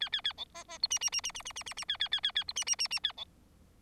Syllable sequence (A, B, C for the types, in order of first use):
A A A B C C D E E E E E E E E E A A A A A D E E E E A B